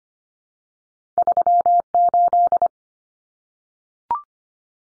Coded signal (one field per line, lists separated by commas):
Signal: Morse code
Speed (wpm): 25 wpm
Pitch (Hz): 700 Hz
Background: none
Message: 38